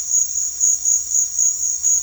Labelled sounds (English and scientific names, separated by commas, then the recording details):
none
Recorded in secondary vegetation near Puerto Asís, Putumayo, Colombia, on 9 March 2025 at 16:00
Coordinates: 0.499, -76.323
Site G094